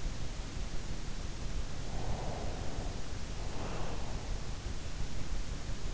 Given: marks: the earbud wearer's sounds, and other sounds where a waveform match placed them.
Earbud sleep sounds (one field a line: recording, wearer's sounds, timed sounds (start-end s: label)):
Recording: sounds in sleep by an in-ear microphone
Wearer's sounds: breath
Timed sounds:
2.02-4.45 s: breath